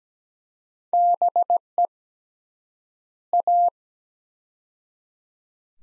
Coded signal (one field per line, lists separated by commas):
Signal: Morse code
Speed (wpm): 17 wpm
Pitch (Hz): 700 Hz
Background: none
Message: BE A